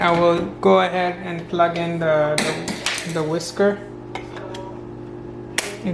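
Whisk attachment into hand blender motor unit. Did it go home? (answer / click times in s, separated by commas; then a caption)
yes / 5.6 s. Someone talks over music as a whisk attachment is pushed into the motor body of a Kelitos 5-piece hand blender. A sharp click at 5.6 s marks the whisk clicking into place automatically, seating it on the motor unit.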